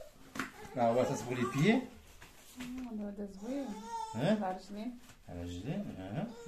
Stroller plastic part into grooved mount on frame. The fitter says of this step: Ça se clipse très, très facilement.